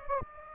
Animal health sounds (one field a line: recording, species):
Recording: mosquito wingbeat signal from an infrared sensor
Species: Anopheles gambiae